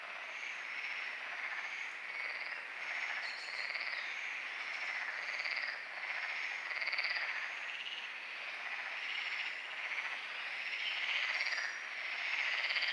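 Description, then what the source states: Busy frog chorus of rapid pulsed calls. Frogs calling at night at Lagoa do Congro; binaural recording with EQ applied.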